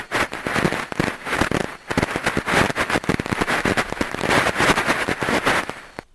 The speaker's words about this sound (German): Naja, dann haben wir noch ein Glas Sprudelwasser nicht ganz ausgetrunken, das steht auf dem Tisch. Und diese kleinen Bläschen, die da hochfliegen, die machen so einen Krach.